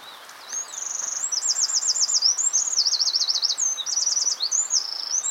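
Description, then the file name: Eurasian wren song, shrill and rapid, a continuous chain of high trilled and rattling phrases running through nearly the whole five seconds. "Troglodytes troglodytes"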